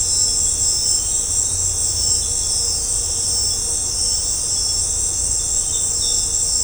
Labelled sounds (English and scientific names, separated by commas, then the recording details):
none
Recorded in secondary vegetation near Puerto Asís, Putumayo, Colombia, on 20 December 2024 at 18:30
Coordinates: 0.502, -76.326
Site G028